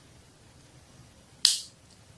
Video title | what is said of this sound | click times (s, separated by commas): CARA PEMBUATAN KABEL STRAIGHT DAN UJI COBA LAN TESTER | sampai bunyi klik ya teman-teman semuanya. | 1.5 s